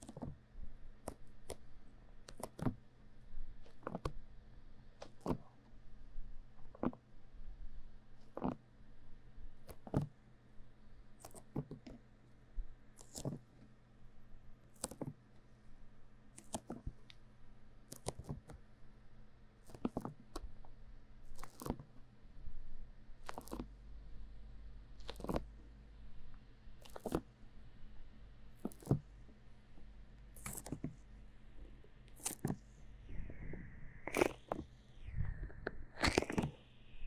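Sticky aloe gel ear massage: regular wet smacking pulses about every second over a low hum, ending in louder rubbing and crackling bursts.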